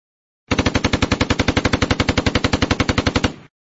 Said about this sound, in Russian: Кто-то из солдат отряда Рэнса не выдержал и выстрелил. И тут же по русским ударили пулеметы и автоматы.